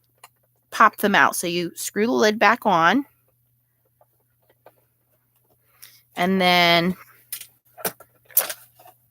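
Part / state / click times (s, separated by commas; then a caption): plastic pastel pan in a snap-in storage tray / released / 8.4 s. Someone talks while a plastic pastel pan is removed from its snap-in storage tray, using the screwed-on lid as a key to pull the pan upward out of its snapped position. A few faint handling taps follow, then a sharp pop at 8.4 s as the pan releases from the tray.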